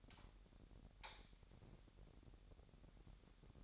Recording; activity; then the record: daily activity, microphone in the room; light on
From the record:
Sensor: 3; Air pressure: 1011.9 hPa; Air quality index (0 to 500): 226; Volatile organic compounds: 4 ppm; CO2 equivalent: 1680 ppm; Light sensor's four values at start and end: 13/30/12/13 and 15/36/15/15